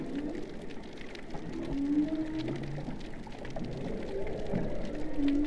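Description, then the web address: Humpback whale singing: drawn-out mid-pitched tonal units, some sliding slightly upward, and a low moan, over steady background noise. "Humpback. Lehua"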